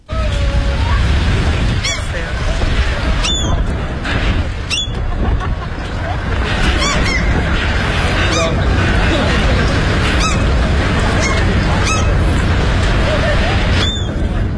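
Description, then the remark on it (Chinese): Kittiwakes (three-toed gulls), recorded in the Arctic, call in short, sharp, nasal bursts, repeating irregularly every second or two above a steady, roaring Arctic wind that fills the whole recording. “体态非常轻盈，羽色非常干净的三趾鸥，三个脚趾的海鸥。”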